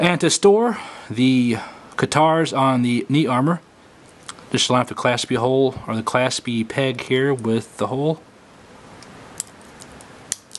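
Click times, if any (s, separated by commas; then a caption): 10.3 s. Someone talks while pushing the clasp peg of a guitar (sword) part into the hole in the knee armor of a Metal Build 00 Gundam Seven Sword metal-frame action figure. After the talking stops, a few light taps are heard before a sharp click at 10.3 s. The peg seats firmly in the hole.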